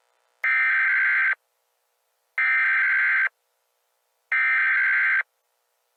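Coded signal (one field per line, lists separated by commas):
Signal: Emergency Alert System (SAME) tones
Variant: header bursts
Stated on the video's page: Fictional EAS scenario, not a real alert.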